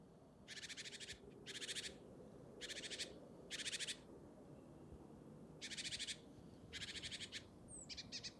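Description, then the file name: Great tit calls: harsh buzzy rattles of fast pulses in a series, with a pause midway and a thin high note near the end. "Parus major"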